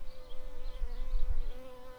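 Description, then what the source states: Shrill carder bee buzz: a steady, slightly wavering droning hum. Workers.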